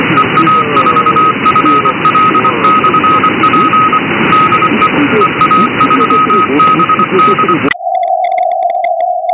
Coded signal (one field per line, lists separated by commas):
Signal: Morse code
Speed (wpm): 25 wpm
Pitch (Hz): 1260 Hz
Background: speech, radio noise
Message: EA4FL/P DE EA3BD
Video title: CW RX SDR